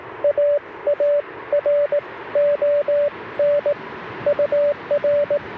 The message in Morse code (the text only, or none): AARON UR